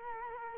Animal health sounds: mosquito wingbeat signal from an infrared sensor; Culex quinquefasciatus

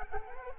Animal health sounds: mosquito wingbeat signal from an infrared sensor; Culex quinquefasciatus

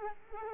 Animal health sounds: mosquito wingbeat signal from an infrared sensor; Culex quinquefasciatus

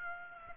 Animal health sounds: mosquito wingbeat signal from an infrared sensor; Aedes aegypti

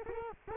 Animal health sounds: mosquito wingbeat signal from an infrared sensor; Culex quinquefasciatus

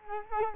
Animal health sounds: mosquito wingbeat signal from an infrared sensor; Culex quinquefasciatus

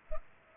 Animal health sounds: mosquito wingbeat signal from an infrared sensor; Culex pipiens

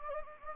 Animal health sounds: mosquito wingbeat signal from an infrared sensor; Anopheles gambiae

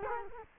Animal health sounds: mosquito wingbeat signal from an infrared sensor; Culex quinquefasciatus

